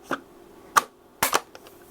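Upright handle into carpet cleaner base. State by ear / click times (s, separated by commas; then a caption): seated / 1.2 s. An upright handle is pushed down into the base of a Bissell carpet cleaner. Several sharp plastic knocks sound, and the handle clicks into place at 1.2 s, followed by a few quieter taps. No one talks.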